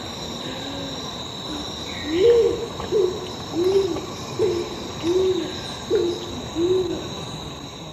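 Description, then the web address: Scaled pigeon cooing: a series of seven deep, slightly rising-then-falling coos, over a steady high insect drone. Eastern lowlands of South America, Ecuador. "Natures Songs S America Eastern Lowlands. Scaled Pigeon"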